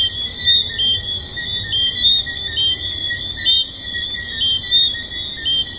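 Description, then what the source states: Tree frogs in a dense chorus, high chirps coming unevenly over a constant shrill ringing tone. Several tree frogs recorded at Hedonism II resort.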